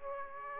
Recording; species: mosquito wingbeat signal from an infrared sensor; Aedes aegypti